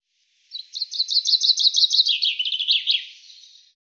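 Common chaffinch song, a fast series of bright chipping notes repeating in trills that drop lower toward the end before fading out, with no other sounds.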